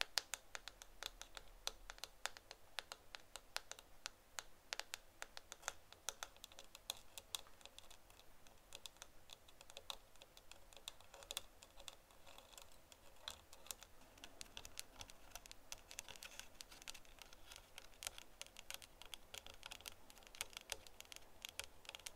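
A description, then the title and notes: Fingers tap rapidly and irregularly on a camera lens, dense crisp clicks over a low steady hum. ASMR Camera Lens Tapping (No Talking).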